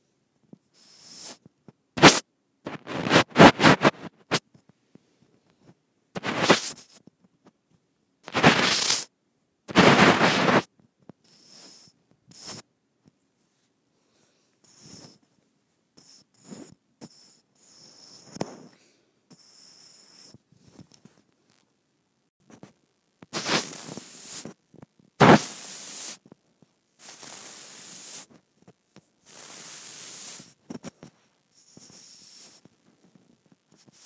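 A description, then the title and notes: A microphone rubbed against skin, making rough scratching and scraping bursts with silent gaps between them. The strokes come irregularly, some short and sharp, others drawn out for a second or two, with a few louder clicks, and a thin high hiss runs through many of them. ASMR Rubbing Microphone on my Skin.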